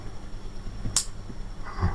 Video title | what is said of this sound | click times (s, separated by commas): Bootleg GUNDAM UNICORN ASTRAY (DESTROY) AliExpress | satisfying click. Always | 1.0 s